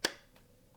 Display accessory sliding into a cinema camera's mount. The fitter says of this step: okay I heard that click it slid in and then